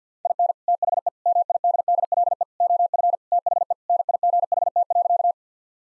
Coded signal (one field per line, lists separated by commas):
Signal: Morse code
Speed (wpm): 48 wpm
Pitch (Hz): 700 Hz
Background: none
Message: IN THE MIDDLE OF THE NIGHT.